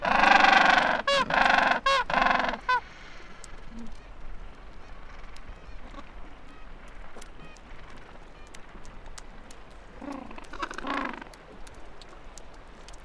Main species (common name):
Gentoo Penguin